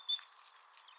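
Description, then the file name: Great tit call: a brief high note followed quickly by a longer, steady, piercing whistle, then quiet with faint chirping. "Parus major"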